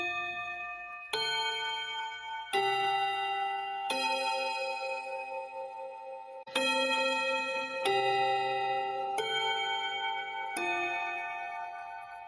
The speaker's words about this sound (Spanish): Ya, cabrón, ahora van a sonar las campanas del colectivo.